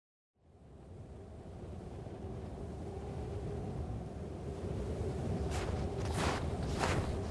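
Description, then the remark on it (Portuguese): Icy wind blows over empty snow at the North Pole in a steady, low roar that swells gradually, with a few brief, sharp gusts or crunches near the end. No one speaks. “Apenas o vento gelado entre a neve vazia.”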